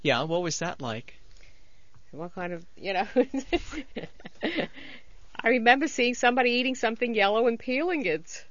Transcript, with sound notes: What was that like?
What kind of, you know. () ( she laughs ) I remember seeing somebody eating something yellow and peeling it.